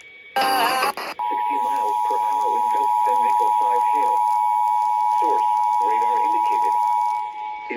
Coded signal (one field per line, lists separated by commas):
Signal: Emergency Alert System (SAME) tones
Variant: 853 and 960 Hz attention tone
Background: speech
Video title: EAS #1954-1955 Severe Thunderstorm Warning on KXI41 and WIIL 9-25-22